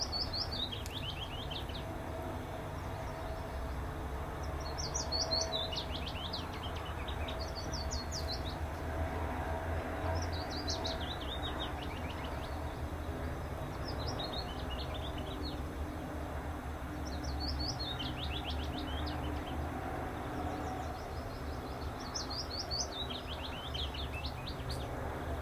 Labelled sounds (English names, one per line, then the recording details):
Willow Warbler song
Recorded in captivity
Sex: pair
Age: adult
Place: Volierenanlage, Zoologisches Institut Universität Tübingen, Baden-Württemberg, DE
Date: 1967-04-22
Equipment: Nagra III PH, MD 421, LGS26
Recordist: Schneider, Hans-Joachim